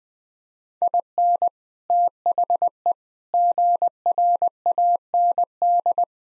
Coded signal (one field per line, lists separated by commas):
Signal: Morse code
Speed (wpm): 20 wpm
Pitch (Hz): 700 Hz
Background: none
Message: IN THE GRAND